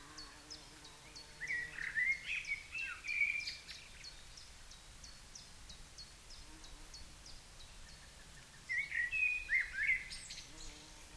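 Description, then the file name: Common blackbird sings two fluted, wavering phrases several seconds apart, while a small bird keeps up rapid, high ticking notes in the background. "Turdus merula"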